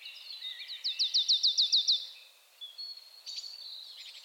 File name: Poecile palustris